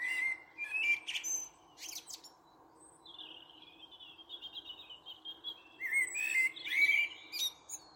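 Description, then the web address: Bird calls: a burst of sharp chirps and clicks, then a long wavering buzzy note, ending with several rising whistled notes. "cianscape birddata Deverinetal 2025 Bird Only Tu Me Tu Me"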